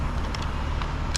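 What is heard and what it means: With a come-along hoist set in down/free mode for raising a traffic light, light force on the handle lets its pin push the ratchet pawl so the ratchet releases one tooth, with a sharp click at 1.2 s. Two softer ticks come at about 0.3 s and 0.8 s over a steady low rumble of vehicle traffic. The pawl releases the ratchet by one click.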